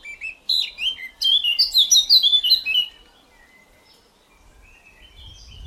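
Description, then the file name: Eurasian blackcap song: a hurried, musical warble of quick notes for nearly three seconds, followed by quiet with faint chirps and a low rumble at the end. "Sylvia atricapilla"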